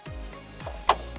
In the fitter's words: There, I heard it click into place.